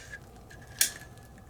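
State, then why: Seated. A crossbow's cocking mechanism slides down the rail into the trigger housing, where the string latch engages the anti-dry-fire catch. A single sharp click lands at 0.8 s over faint background noise, with a brief bright high-frequency burst that fades quickly. The anti-dry-fire catch is engaged.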